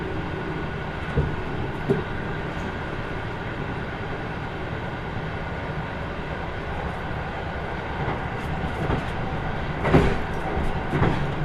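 Inside the Kyushu Odan limited express on the Hohi Line, running from Kumamoto toward Tateno, a steady low rumble fills the whole stretch. Sharp clanks and knocks cut through around one, two, eight, nine and ten seconds, the loudest near ten.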